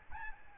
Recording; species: mosquito wingbeat signal from an infrared sensor; Aedes albopictus